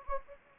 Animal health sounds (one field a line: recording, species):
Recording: mosquito wingbeat signal from an infrared sensor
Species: Anopheles gambiae